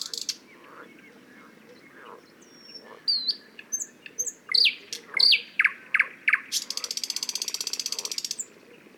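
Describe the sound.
Thrush nightingale song of sharp descending whistles and loud clicking notes building into a long buzzing rattle.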